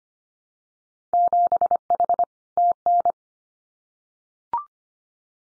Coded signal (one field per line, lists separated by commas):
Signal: Morse code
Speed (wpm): 25 wpm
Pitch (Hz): 700 Hz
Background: none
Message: 7H TN